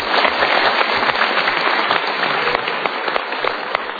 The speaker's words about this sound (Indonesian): Untuk keinsafannya kita berikan tepuk tangan.